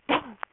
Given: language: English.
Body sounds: throat vibration sensor signal played as sound; cough

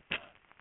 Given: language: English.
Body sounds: throat vibration sensor signal played as sound; cough

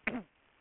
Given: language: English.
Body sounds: throat vibration sensor signal played as sound; cough

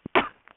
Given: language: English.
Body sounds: throat vibration sensor signal played as sound; cough

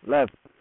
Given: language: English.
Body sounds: throat vibration sensor signal played as sound; speech

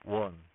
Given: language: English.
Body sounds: throat vibration sensor signal played as sound; speech

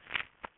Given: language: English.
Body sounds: throat vibration sensor signal played as sound; swallow

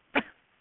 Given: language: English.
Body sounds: throat vibration sensor signal played as sound; cough

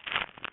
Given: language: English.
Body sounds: throat vibration sensor signal played as sound; swallow

